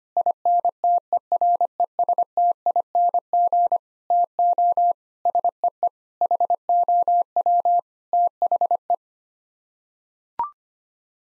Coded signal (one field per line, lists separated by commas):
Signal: Morse code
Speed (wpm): 25 wpm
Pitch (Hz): 700 Hz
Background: none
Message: INTERESTING TO SEE HOW THE